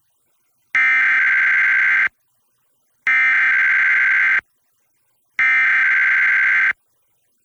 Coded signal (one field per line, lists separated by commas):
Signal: Emergency Alert System (SAME) tones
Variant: header bursts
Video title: EAS #1066-1067: 2 EAS Required Monthly Tests- Mar. 5, 2025- 10:14AM PST